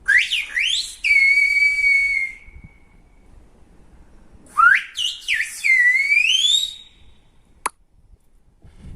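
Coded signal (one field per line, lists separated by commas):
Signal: whistled language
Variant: Silbo Gomero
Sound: two loud gliding whistled phrases rising and falling between mid and high pitch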